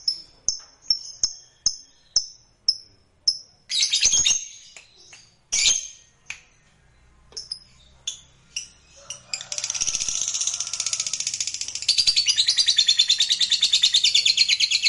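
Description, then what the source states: Lovebird calls, a string of sharp high chips about every half second with scratchy bursts, building into a fast, buzzy, continuous chatter. Lovebird sound played to stimulate lovebirds.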